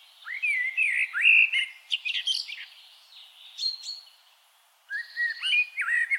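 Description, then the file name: Common blackbird gives rich whistled warbles trailing into brief high twittering, then resumes after a gap with another fluted phrase. "Turdus merula"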